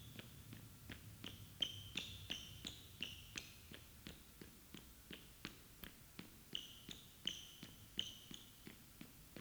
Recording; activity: daily activity, guitar pickup as the sensor; run